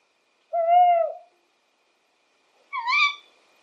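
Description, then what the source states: Tawny owl voice: a single steady, slightly falling tonal hoot, then after a pause a harsher, shrill, wavering call rich in overtones. Otherwise quiet. Recorded in Bortziriak, Navarra, Spain; male's call is the typical horror-film hoot, female's call is much shriller.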